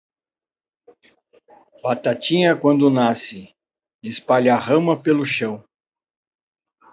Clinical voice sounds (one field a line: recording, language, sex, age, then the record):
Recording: short text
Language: Brazilian Portuguese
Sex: male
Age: 60 to 69 years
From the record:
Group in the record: control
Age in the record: 62 years